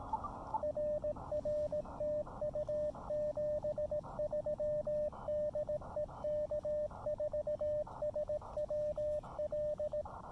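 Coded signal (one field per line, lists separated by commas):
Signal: Morse code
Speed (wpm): 17 wpm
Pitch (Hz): 590 Hz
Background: radio noise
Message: RR TU 73 DE K4SWL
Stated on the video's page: Park activation on the Blue Ridge Parkway with an Elecraft KX2 and CHA MPAS Lite antenna.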